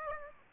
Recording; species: mosquito wingbeat signal from an infrared sensor; Aedes aegypti